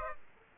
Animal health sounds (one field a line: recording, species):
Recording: mosquito wingbeat signal from an infrared sensor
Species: Aedes aegypti